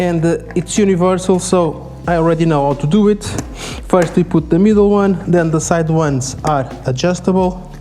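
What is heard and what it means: Someone talks while fitting the middle piece of a universal protection accessory onto a motorcycle helmet; the side pieces are adjustable. Only speech with a faint musical background is heard, and nothing has seated or clicked yet.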